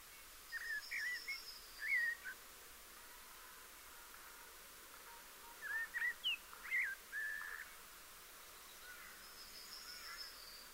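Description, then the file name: Common blackbird singing scattered mellow whistles, then a longer fluty phrase midway. Background stays quiet. "Turdus merula"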